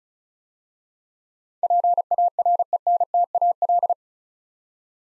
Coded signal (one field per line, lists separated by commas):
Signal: Morse code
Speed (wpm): 36 wpm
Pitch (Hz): 700 Hz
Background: none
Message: PARENTAL